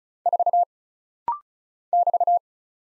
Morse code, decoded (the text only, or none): 4 <BT>